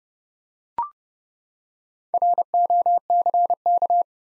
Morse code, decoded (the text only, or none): ROCK